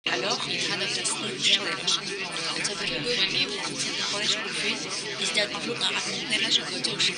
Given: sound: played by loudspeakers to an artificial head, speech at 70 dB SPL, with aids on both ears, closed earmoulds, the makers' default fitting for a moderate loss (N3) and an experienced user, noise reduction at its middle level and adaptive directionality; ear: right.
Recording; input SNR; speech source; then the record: speech test signal (ISTS) in cocktail-party noise; -6 dB; in front (0 degrees)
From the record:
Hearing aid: class 2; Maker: A